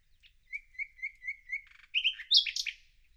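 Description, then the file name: Common nightingale song: four or five clear whistled notes repeated, then a rattling buzz and loud varied chattering phrases. "Luscinia megarhynchos"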